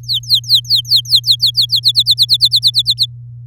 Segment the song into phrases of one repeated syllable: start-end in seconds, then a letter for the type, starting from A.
0.03-1.80 A, 1.83-3.06 B